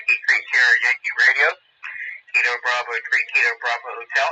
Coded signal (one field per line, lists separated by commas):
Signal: Emergency Alert System (SAME) tones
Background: speech